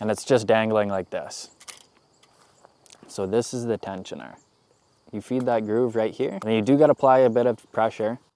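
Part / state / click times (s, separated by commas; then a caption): tensioner lever locking on a folding saw frame / not seated / none. Someone talks while the tensioner lever of a folding buck saw is fed into its groove and pressed with some pressure, to tension the steel blade in the aluminium frame. Faint handling ticks come around 2.2 to 2.9 seconds between the talking. The lever has not snapped into place yet; nothing has seated or clicked.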